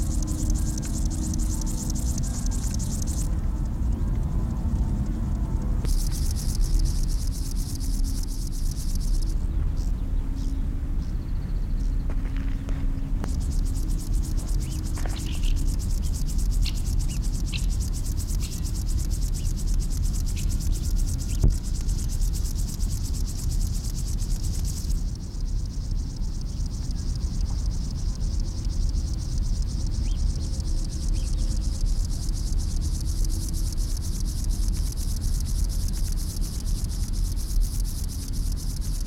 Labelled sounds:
Upland Field Grasshopper (Chorthippus apricarius) stridulation

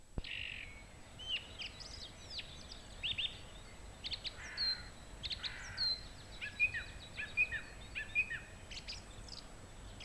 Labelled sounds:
Song Thrush (Turdus philomelos) song

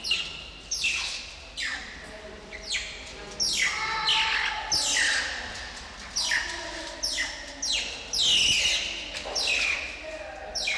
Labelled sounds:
Banded Mongoose (Mungos mungo)

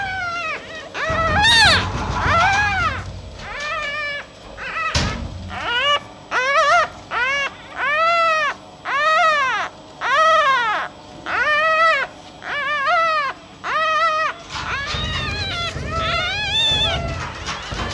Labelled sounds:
Red Fox (Vulpes vulpes)

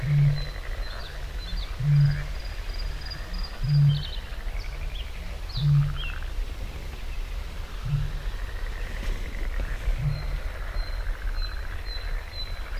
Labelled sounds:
Bluethroat (Luscinia svecica) song

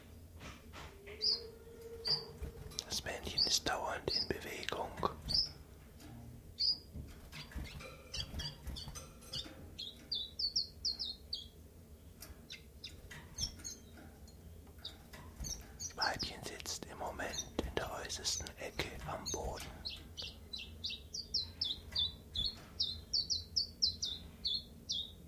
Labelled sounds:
Common Chiffchaff (Phylloscopus collybita)

